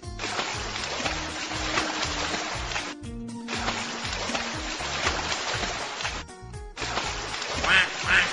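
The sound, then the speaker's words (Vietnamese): Ducks swimming in a river quack loudly and repeatedly in a steady, choppy rhythm, nasal calls overlapping over a bright hiss of splashing water, with brief pauses before the quacking resumes. “Vịt bơi bên cô, kêu quạc quạc để nhắc cô bé đừng bơi ra xa.”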